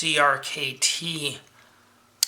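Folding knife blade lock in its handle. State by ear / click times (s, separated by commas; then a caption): seated / 2.2 s. Someone talks for about a second and a half, then after a quiet pause the blade lock of a CRKT Revolt Reflex folding knife locks down into its handle with a loud, sharp click at 2.2 s. The blade is locked in place.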